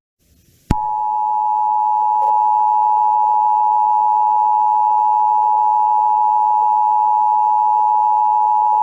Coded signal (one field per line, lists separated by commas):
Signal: Emergency Alert System (SAME) tones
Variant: 853 and 960 Hz attention tone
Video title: Online Radio Relay Mayhem | EAS 78-89